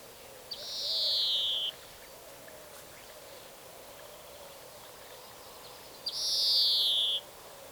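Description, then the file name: European greenfinch giving two drawn-out, buzzy wheezes that fall in pitch, each about a second long and spaced roughly five seconds apart. "Chloris chloris"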